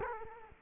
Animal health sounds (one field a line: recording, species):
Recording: mosquito wingbeat signal from an infrared sensor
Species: Culex quinquefasciatus